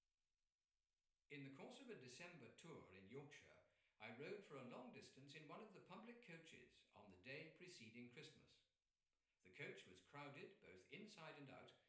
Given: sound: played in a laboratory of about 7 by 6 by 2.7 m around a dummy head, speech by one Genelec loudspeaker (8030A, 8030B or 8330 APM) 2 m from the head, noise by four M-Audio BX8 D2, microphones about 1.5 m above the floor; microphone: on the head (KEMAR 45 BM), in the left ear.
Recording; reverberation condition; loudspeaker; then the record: male speech in English; medium; in front (0 degrees)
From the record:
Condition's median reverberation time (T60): about 510 ms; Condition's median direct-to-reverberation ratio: about -0.5 dB